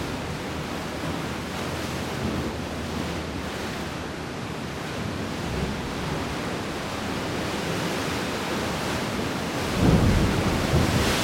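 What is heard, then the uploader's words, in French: A hot afternoon at the tip of the Quiberon peninsula, filled with a steady, dense wash of surf with a low rumble underneath. The roar stays fairly even, then a heavier wave swells louder just before ten seconds and holds to the end. Par une chaude après-midi au bout de la presqu'île de Quiberon. La marée montante et la mer bien formée provoque un événement sonore puissant, celui des vagues qui s'engouffrent dans une faille, faisant exploser en panache d'écume l'eau dans un sourd vacarme.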